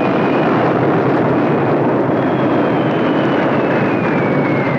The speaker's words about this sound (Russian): Черно-белые кадры военной хроники. Самолет сбрасывает бомбу.